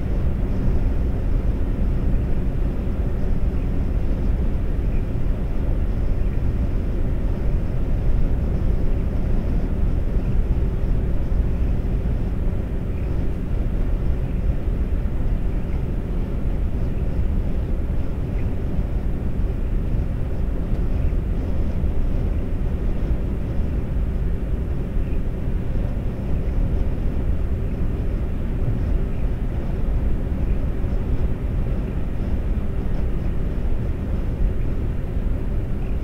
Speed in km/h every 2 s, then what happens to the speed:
121, 121, 121, 122, 122, 121, 121, 121, 121, 121, 121, 121, 121, 121, 121, 121, 121, 121.
0-36 steady at about 121.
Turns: none.